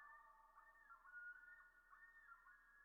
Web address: Dan Gibson Wildlife Identification By Sound, Eastern North America Pt 1 Common Loon